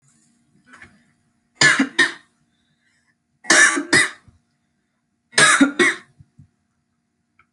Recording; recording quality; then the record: heavy voluntary cough; excellent, no background noise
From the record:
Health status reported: healthy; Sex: female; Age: 26 years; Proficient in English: yes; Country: United States